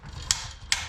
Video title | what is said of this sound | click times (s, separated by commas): DIY Garage Pressure Washer System using Giraffe Tools Retractable Hose Reel | and then you can hear the clicks | 0.3 s, 0.7 s